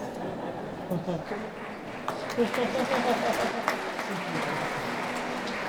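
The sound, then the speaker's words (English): An audience applauds at an on-stage conversation event at the Paleis voor Schone Kunsten, in a steady, dense wash of clapping that swells slightly midway and holds for several seconds, with faint voices murmuring underneath. “I'm not sure what that applause is for, really.”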